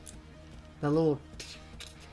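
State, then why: Released. A game controller half is pulled out of a plastic charging grip, giving a click-like release sound at 1.4 s and again at 1.8 s, used as a stand-in for the missing click. Someone talks briefly in the middle of the clip, and the controller half comes free of the grip.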